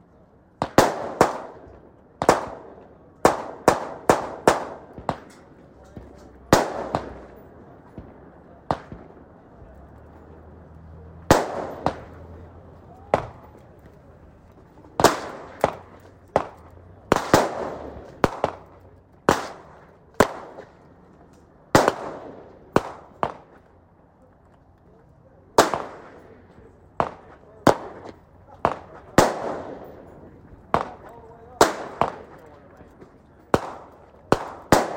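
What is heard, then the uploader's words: Sharp gunshots crack irregularly at a small range, sometimes in quick bursts, each leaving a brief echo over a quiet background. A small gun range. The sound of distant pops and clicks of guns being fired in the distance adds to the atmosphere.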